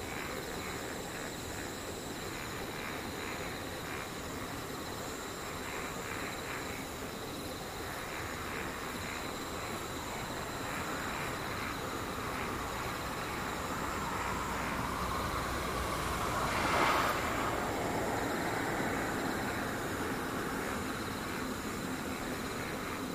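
Insects keep up a steady, thin, high-pitched trill through the whole recording, with a faster pulsing chirp that repeats through roughly the first ten seconds. Underneath runs a low traffic rumble, which swells as a vehicle passes around seventeen seconds.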